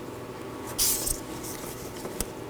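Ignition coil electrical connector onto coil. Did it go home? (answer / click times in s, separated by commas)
no / none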